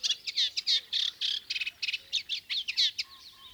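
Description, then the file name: Eurasian reed warbler giving a short burst of song: jerky, scratchy chirps delivered in a quick, uneven rhythm. "Kleinekarekiet"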